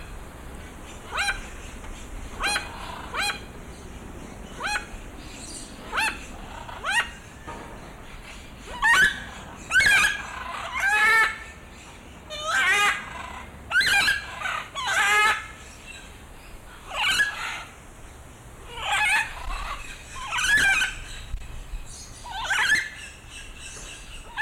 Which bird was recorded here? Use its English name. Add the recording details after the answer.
Red-and-green Macaw. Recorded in captivity. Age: adult. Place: Zoo Dresden, Sachsen, DE. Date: 1995-05-17 15:31. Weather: overcast, 12°C, strong winds. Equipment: Marantz CP 430, Sennheiser ME 80, Kopie Uher 4000 Report Monitor. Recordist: Tembrock, Günter. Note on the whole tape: Lautfolgen eines Tieres, teilweise "vom Winde verweht"!!! Entfernung ca. 3 m